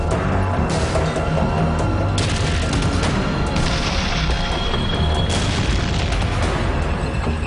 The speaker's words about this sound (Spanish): El sonido de los disparos alerta al pelotón de cazacarros M-18 estadounidense.